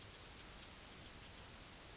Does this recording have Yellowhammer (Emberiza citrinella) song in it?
no